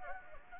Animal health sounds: mosquito wingbeat signal from an infrared sensor; Anopheles gambiae

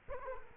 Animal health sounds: mosquito wingbeat signal from an infrared sensor; Culex quinquefasciatus

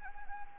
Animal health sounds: mosquito wingbeat signal from an infrared sensor; Anopheles gambiae

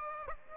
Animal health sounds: mosquito wingbeat signal from an infrared sensor; Aedes aegypti

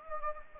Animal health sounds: mosquito wingbeat signal from an infrared sensor; Anopheles gambiae

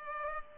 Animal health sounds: mosquito wingbeat signal from an infrared sensor; Culex pipiens

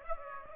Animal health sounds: mosquito wingbeat signal from an infrared sensor; Aedes aegypti

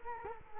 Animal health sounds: mosquito wingbeat signal from an infrared sensor; Culex quinquefasciatus

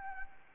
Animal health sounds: mosquito wingbeat signal from an infrared sensor; Anopheles arabiensis

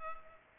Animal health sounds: mosquito wingbeat signal from an infrared sensor; Culex pipiens

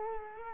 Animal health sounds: mosquito wingbeat signal from an infrared sensor; Culex quinquefasciatus

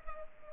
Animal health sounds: mosquito wingbeat signal from an infrared sensor; Culex pipiens

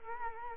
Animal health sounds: mosquito wingbeat signal from an infrared sensor; Culex quinquefasciatus

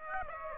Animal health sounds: mosquito wingbeat signal from an infrared sensor; Aedes aegypti

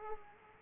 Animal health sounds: mosquito wingbeat signal from an infrared sensor; Aedes aegypti

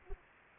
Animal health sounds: mosquito wingbeat signal from an infrared sensor; Anopheles arabiensis

